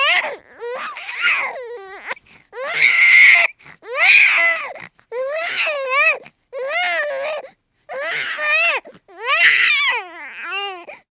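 Eight or nine high-pitched, rising-and-falling cry bursts, each about a second long, separated by brief gasping pauses, with a wavering, wailing quality. This is typical infant crying.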